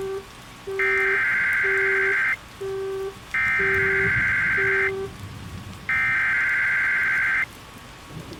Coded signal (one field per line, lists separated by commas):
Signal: Emergency Alert System (SAME) tones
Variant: header bursts